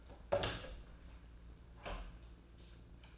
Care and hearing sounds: daily activity, microphone in the room; open door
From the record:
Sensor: 2

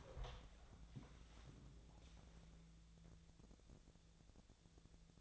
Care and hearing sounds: daily activity, microphone in the room; open door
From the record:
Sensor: 3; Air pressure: 1000.4 hPa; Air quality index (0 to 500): 178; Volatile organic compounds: 4 ppm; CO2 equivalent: 1552 ppm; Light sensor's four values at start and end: 13/32/14/14 and 14/32/14/14

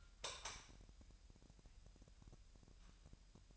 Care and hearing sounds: daily activity, microphone in the room; light on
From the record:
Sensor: 2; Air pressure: 1001.8 hPa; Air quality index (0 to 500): 240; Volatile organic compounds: 31 ppm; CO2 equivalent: 2978 ppm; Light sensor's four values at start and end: 4/10/4/4 and 9/24/10/10

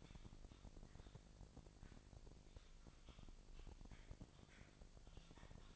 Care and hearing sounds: daily activity, microphone in the room; typing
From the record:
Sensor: 5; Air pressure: 999.3 hPa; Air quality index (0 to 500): 229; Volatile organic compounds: 24 ppm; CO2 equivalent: 2798 ppm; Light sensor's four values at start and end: 34/79/31/30 and 34/79/31/30

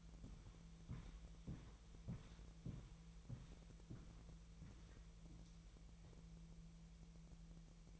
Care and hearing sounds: daily activity, microphone in the room; walk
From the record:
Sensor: 1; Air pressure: 1002.1 hPa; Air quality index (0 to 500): 236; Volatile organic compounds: 92 ppm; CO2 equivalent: 3696 ppm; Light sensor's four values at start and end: 8/18/7/8 and 8/19/8/9

